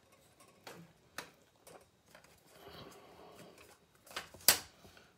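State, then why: Seated. While laying model railway track on a shelf layout, a plastic sweep stick or track spacing gauge is pressed down onto the rails. A few faint taps and soft handling sounds come first, then a sharper tap at about 4.2 s. The gauge snaps into place on the rails with a crisp click at 4.5 s.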